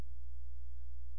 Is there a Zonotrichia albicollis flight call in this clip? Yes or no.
no